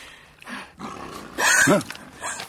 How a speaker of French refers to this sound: Des fauves! C'est l'eau où ils viennent boire.